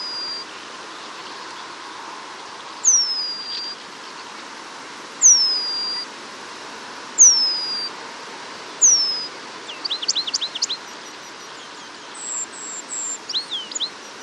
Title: La Mésange rémiz (Remiz pendulinus)